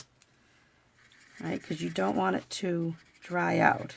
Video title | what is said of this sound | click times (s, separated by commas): Hey Birthday Chick from Stampin' Up! Virtual Class | make sure you hear that snap | 0.2 s